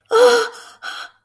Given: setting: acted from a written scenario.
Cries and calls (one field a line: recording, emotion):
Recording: vocal sound without words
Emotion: fear